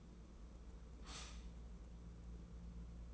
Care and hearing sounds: daily activity, microphone in the room; stop toaster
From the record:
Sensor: 1

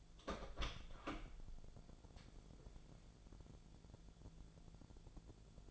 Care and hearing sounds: daily activity, microphone in the room; open door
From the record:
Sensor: 5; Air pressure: 1000.5 hPa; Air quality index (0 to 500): 152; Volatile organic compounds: 2 ppm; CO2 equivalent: 1174 ppm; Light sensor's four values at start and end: 48/112/47/50 and 48/112/47/50

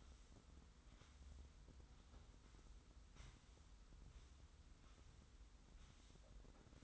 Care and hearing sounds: daily activity, microphone in the room; sweep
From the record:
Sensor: 3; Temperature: 25.5 degrees Celsius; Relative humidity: 43.4%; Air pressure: 990.4 hPa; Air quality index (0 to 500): 196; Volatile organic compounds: 1000 ppm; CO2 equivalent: 6413 ppm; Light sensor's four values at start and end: 44/104/42/40 and 44/104/42/40

